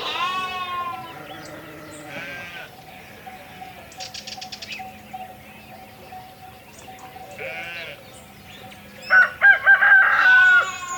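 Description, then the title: Sheep bleating: a few wavering harmonic bleats spread throughout, then a rooster crows loudly near the end. Lambs at a farmhouse (cortijo). "corderos y cortijo"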